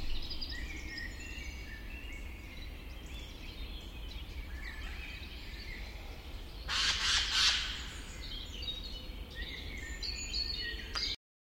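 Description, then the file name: Eurasian jay giving a loud, harsh rasping screech midway, over a low rumble. "Garrulus glandarius"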